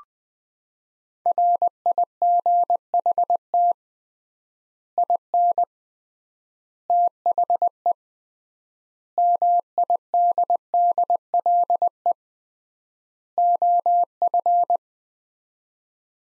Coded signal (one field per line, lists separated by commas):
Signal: Morse code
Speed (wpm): 21 wpm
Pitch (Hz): 700 Hz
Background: none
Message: RIGHT IN THE MIDDLE OF